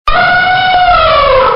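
Elephant giving a loud, brassy trumpet, a single sustained tonal blast that starts abruptly and sinks slightly in pitch over about one and a half seconds.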